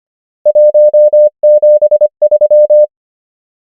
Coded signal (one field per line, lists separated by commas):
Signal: Morse code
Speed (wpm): 25 wpm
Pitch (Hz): 600 Hz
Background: none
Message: 1 7 3